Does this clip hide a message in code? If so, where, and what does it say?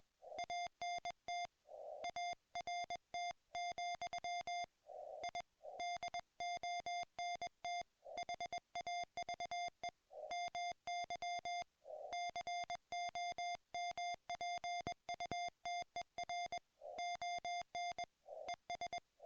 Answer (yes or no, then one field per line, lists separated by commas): yes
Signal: Morse code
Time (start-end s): 0.4-19.0 s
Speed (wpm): 22 wpm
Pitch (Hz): 690 Hz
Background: music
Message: ANT ART, I DONT HAVE MY COMPUTER ON ES